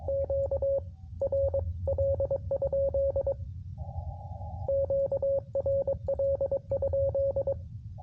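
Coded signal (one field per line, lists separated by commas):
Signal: Morse code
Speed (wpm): 22 wpm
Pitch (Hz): 550 Hz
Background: radio noise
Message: QRL? QRL?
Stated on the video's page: Morse from a Parks on the Air and WWFF activation on 10 meters, sent with a field paddle on a QRP Labs QMX High-Band rig into an end-fed half-wave antenna.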